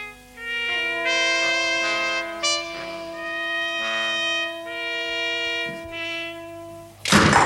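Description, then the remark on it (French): Sustained, organ-like chords hold steadily, then a door slams shut with a single loud, sharp bang at the end that cuts across the music, as a Freemasons' opening ceremony is closed to the Antenne 2 television crew in December 1975. “En décembre 1975, plaf, la porte vient de se fermer parce que, ben voilà, on peut pas tout voir.”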